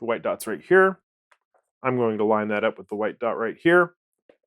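Someone talks while lining up the white dot on a zoom lens with the white dot on the metal bayonet mount of a Sony A7C mirrorless camera, with a faint short tap near 4.3 s. The lens is only being handled and positioned; nothing has seated or clicked yet.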